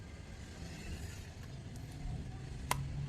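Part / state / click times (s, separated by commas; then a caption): brush attachment on a hot air styler handle / seated / 2.7 s. A brush attachment is pushed onto the handle of an Urban Yog 3-in-1 hot air styler and twisted to the right until it locks. Over a low background hum, a faint tick is heard at 1.8 seconds, then a single sharp click at 2.7 seconds as the attachment seats and locks in place.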